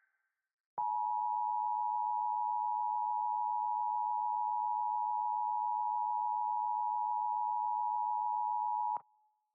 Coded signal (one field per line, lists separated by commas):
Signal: Emergency Alert System (SAME) tones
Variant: 853 and 960 Hz attention tone